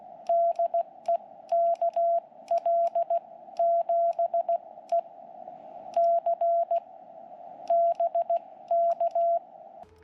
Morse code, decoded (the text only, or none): DE KL7EC BK